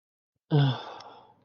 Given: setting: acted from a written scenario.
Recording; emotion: vocal sound without words; disappointment